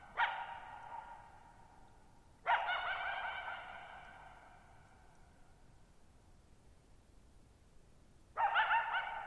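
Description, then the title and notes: Coyote giving a sharp call, then a longer wavering call, a long quiet gap, and a final yipping burst, all echoing strongly. One coyote at night, July 14, 2019, near Thirtymile Meadows, Okanogan National Forest, Okanogan High Country, Pacific Northwest, 6400 ft (1950 m), shallow bowl-shaped meadow on a high dry plateau. "Lone Coyote at Thirtymile Meadows. night of July 14, 2019, camped near Thirtymile Meadows in the Okanogan National Forest at 6400 ft (1950 m)"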